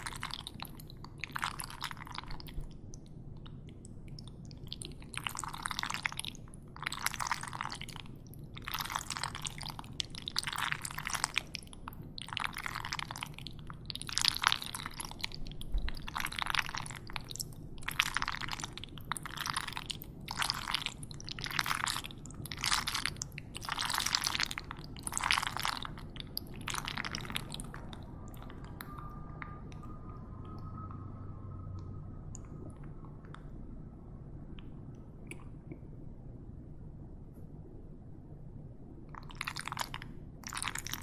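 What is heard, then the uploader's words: Mac and cheese is stirred in repeated wet, squishy strokes about twice a second over a low hum, pausing briefly near thirty seconds before resuming. Mac N Cheese Stirring.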